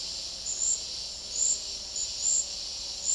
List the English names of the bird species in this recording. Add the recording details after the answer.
none. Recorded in dense forest near Puerto Asís, Putumayo, Colombia, on 21 February 2024 at 10:30. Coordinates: 0.485, -76.325. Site G6429